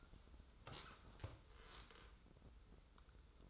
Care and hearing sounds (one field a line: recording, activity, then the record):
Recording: daily activity, microphone in the room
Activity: sit down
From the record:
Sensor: 3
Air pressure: 994.4 hPa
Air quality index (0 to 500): 200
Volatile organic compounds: 1000 ppm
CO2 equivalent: 6622 ppm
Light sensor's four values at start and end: 191/452/193/195 and 173/407/174/173